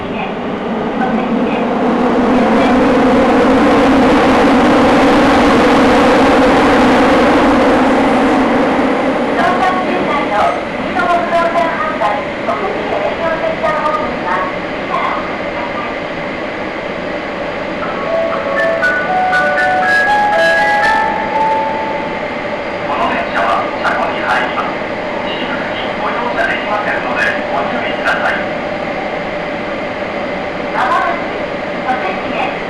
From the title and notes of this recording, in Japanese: 名古屋市営地下鉄桜通線 太閤通→徳重。桜通線の太閤通から徳重までの全区間を乗った時のものです。